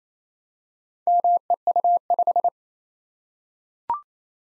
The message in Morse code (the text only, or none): MEU5